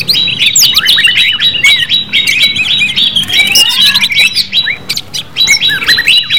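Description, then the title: Leafbird song: dense, fast chattering of whistled notes and quick slurred chirps, run together in a continuous, busy phrase. "CUCAK IJO"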